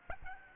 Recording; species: mosquito wingbeat signal from an infrared sensor; Aedes albopictus